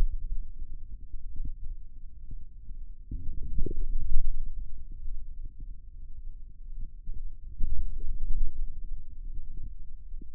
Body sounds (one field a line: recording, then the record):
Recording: forearm muscle sounds (acoustic myography)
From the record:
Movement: wrist extension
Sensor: system 2, bracelet of six BSWA MPA416 microphones around the upper forearm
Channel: 4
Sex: male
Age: 22 years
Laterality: right